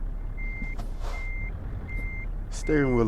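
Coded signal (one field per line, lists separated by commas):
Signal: none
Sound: truck reversing beeps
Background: speech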